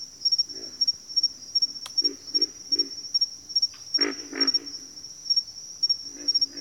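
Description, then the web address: Pig frogs grunting in short, low, throaty bursts, some doubled, over a steady high-pitched insect drone. Pig frogs in a bayou. "Echoes of Nature - Bayou Pig Frogs"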